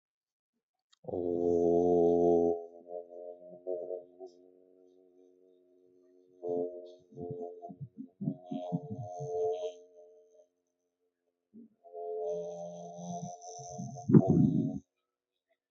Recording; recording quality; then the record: sustained vowel as in boot; moderate, slight background noise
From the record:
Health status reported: healthy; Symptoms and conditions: none ticked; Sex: male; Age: 28 years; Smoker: not ticked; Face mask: not worn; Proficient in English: yes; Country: India